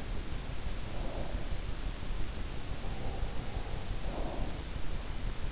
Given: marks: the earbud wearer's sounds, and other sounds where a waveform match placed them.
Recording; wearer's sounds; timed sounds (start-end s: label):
sounds in sleep by an in-ear microphone; breath
1.11-1.60 s: breath
4.15-4.77 s: breath